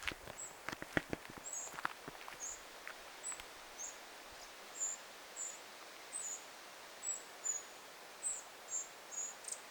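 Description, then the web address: Eurasian wren begging notes, high and thin, repeated irregularly, with a few sharp clicks and taps in the opening seconds, in a quiet outdoor setting. Fledglings begging, 9 August 2026. "paivat 9 8 2026 peukaloisen lentopoikaset kerjaavat"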